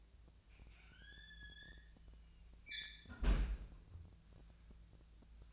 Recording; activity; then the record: daily activity, microphone in the room; close fridge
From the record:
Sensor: 2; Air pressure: 1009.5 hPa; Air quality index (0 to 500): 185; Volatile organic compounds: 11 ppm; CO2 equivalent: 2302 ppm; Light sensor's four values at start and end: 25/62/27/29 and 25/62/27/29